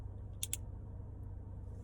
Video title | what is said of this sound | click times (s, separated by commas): How to: Inserting your Dexcom G6 (w iPhone) | i heard it click on both sides | 0.4 s, 0.5 s